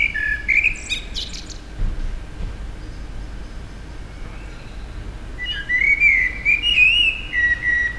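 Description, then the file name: Common blackbird singing mellow, fluted warbles, a short phrase at the start and a longer rolling one after a pause, with faint background hum. At a petrol station, April 2021. "2021 APR-Amsel-Tankstelle"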